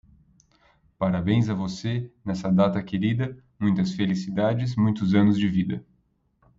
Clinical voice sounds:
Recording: short text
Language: Brazilian Portuguese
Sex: male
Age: 30 to 39 years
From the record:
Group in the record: control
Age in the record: 31 years

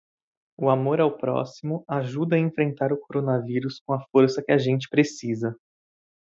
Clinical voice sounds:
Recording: spoken sentence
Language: Brazilian Portuguese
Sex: male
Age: 30 to 39 years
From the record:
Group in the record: control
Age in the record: 31 years

